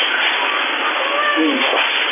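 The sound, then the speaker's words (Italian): A female cat lets out a faint, drawn-out meow with a wavering pitch, heard through thin, muffled audio over a steady background hiss. “Miagola Flo, miagola. Miagola Flo. La senti?”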